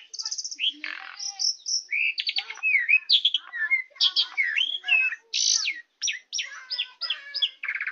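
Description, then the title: Oriental magpie-robin song, a rich continuous medley of whistled slurs, rising and falling notes, buzzy trills and quick chattering phrases with hardly any pause. "Kicau Kacer"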